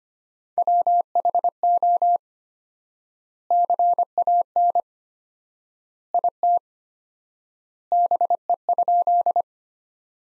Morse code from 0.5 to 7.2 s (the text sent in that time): WHO CAN IT